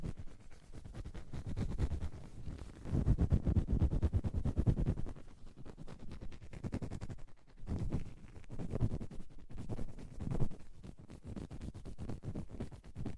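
Deep ear cleaning sounds: dense, rapid scratching and rubbing with a low, muffled rumble underneath. The rustling comes in swells, strongest around three to five seconds, then thins with brief pauses near seven and nine seconds before building again.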